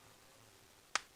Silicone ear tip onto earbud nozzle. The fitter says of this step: bu aylık hemen tık diye girdi çok